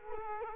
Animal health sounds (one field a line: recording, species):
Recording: mosquito wingbeat signal from an infrared sensor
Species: Culex quinquefasciatus